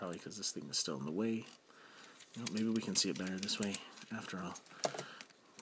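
Someone talks while sliding a plastic front piece over a transforming robot toy, a snug fit. It snaps home with a sharp click at 4.8 seconds, and a few faint plastic ticks follow.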